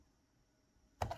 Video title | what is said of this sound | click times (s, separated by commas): HOW TO: Installing The New Joying 8.1" Android Head Unit in a BMW 335i | and then she should just snap in place | 1.0 s